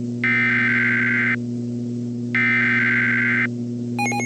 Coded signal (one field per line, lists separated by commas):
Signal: Emergency Alert System (SAME) tones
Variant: header bursts